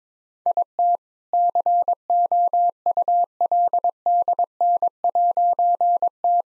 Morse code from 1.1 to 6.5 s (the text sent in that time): COULDN'T